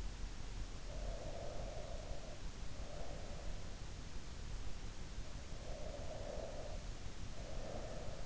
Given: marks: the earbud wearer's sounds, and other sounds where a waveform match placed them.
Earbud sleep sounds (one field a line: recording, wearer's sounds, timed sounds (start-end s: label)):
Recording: sounds in sleep by an in-ear microphone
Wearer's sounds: breath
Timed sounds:
0.64-3.81 s: breath
5.40-8.26 s: breath